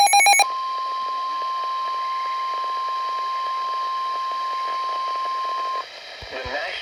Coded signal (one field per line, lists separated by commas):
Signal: Emergency Alert System (SAME) tones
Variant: 1050 Hz attention tone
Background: speech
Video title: (EAS #635 - #644) MEMORIAL DAY SQUALLS - EAS Alerts from 5/30/22